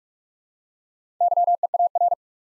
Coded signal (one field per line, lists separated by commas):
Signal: Morse code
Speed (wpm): 44 wpm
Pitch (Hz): 700 Hz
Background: none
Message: YEAR